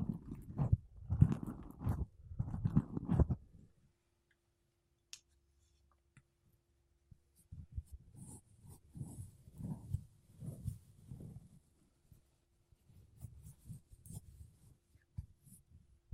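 Makeup brushes and a sponge rub over a mic in soft, rhythmic strokes, loud at first, pausing briefly, then returning gentler with faint hiss.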